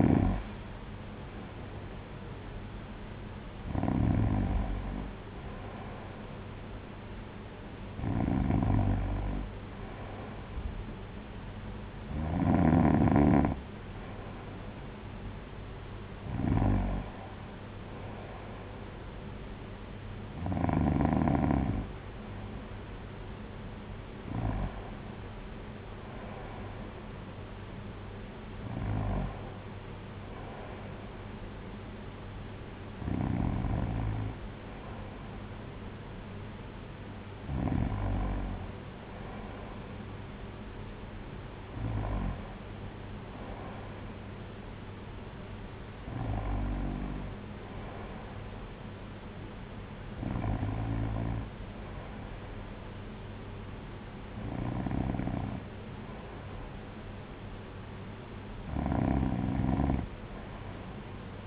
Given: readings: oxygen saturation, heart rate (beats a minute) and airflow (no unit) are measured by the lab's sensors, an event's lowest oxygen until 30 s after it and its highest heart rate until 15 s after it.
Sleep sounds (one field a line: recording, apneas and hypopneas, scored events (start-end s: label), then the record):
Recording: breathing in sleep by a voice recorder at the bedside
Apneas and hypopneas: none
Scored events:
none scored
From the record:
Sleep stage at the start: N2 (light sleep)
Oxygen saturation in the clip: 94%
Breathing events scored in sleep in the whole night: 226 in 8.8 hours asleep